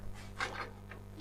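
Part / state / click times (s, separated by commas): PC power cable connector into motherboard or component socket / not seated / none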